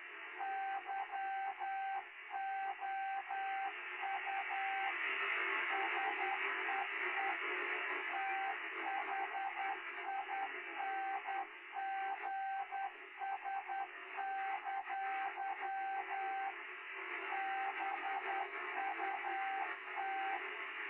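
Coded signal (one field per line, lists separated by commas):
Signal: Morse code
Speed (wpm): 10 wpm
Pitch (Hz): 780 Hz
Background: radio noise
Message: YOU SEE THINGS! BUT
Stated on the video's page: Morse code stream played back at half speed.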